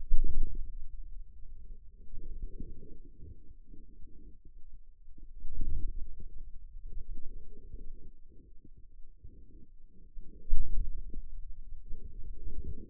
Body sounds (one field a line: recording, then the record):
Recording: forearm muscle sounds (acoustic myography)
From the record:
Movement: wrist flexion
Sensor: system 2, bracelet of six BSWA MPA416 microphones around the upper forearm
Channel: 5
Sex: male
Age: 22 years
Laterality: right